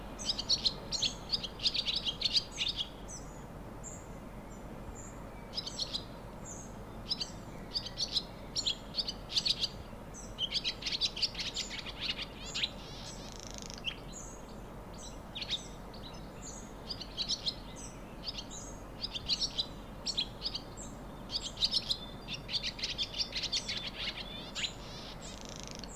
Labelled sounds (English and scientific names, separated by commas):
Barn Swallow (Hirundo rustica)